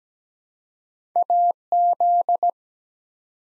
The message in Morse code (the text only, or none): AZ